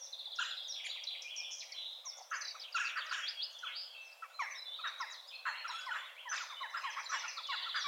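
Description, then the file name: Eurasian wren song: a dense, rapid stream of high chattering notes and trills over a steady hiss of background noise. "Troglodytes troglodytes"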